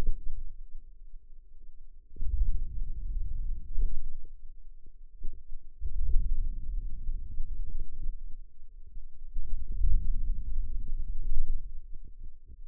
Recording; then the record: forearm muscle sounds (acoustic myography)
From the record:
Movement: hand opening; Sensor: system 2, bracelet of six BSWA MPA416 microphones around the upper forearm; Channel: 6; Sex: female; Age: 21 years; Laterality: right